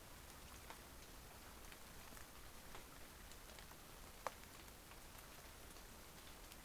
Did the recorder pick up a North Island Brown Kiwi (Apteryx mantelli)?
no